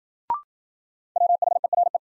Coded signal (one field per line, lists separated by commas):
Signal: Morse code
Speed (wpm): 54 wpm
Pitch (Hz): 700 Hz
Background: none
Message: WHERE